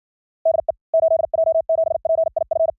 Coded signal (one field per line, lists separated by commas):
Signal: Morse code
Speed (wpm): 59 wpm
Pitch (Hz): 650 Hz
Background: none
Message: DE 8J7PIF